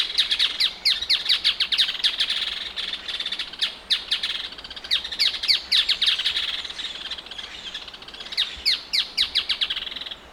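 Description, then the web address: Striated softtail giving rapid runs of sharp, high, downslurred notes in several bursts spaced throughout. Male. "sound Striated-softtail. صدای-پرنده-نر-دم-راه-راه"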